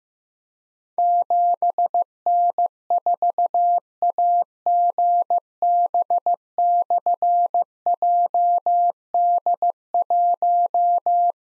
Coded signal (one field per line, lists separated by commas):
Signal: Morse code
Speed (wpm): 15 wpm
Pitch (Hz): 700 Hz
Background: none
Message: 7N4AGB/JD1